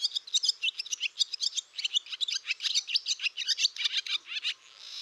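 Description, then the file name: Barn swallow twittering: a steady stream of quick, squeaky chirps and warbled notes, evenly paced throughout with no pauses. "dymowka"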